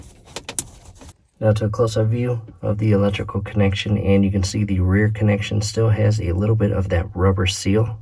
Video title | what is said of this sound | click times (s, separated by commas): Replace sea doo GTX oil tank quantity sensor | and push in until it clicks | 0.6 s